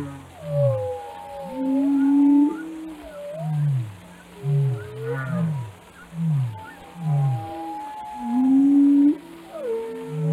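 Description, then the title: Whale sounds: short descending grunts repeated several times, mixed with higher drawn-out moaning tones that swoop upward. "Whale Watching: A Close Encounter with the Giants of the Sea"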